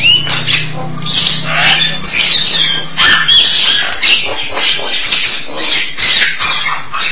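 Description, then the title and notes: Starling song of jumbled whistles, squeaks and harsh chatter, with a low droning hum beneath the first few seconds. "suara burung jalak"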